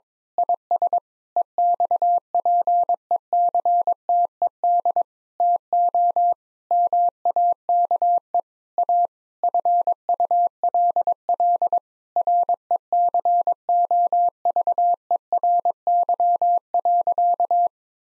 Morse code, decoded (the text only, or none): IS EXPECTED TO MAKE A FULL RECOVERY.